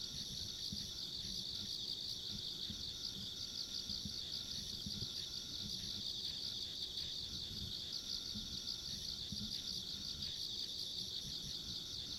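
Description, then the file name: Insect chorus ringing high and continuous, a shimmering trill, with low muffled ambient noise below. Insects along a rural country road, ambient sound. "田舎道の虫の環境音"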